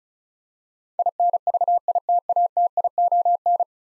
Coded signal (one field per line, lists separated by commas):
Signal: Morse code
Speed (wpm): 36 wpm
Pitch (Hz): 700 Hz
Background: none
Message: INVITATION